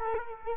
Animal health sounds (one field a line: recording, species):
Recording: mosquito wingbeat signal from an infrared sensor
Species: Culex quinquefasciatus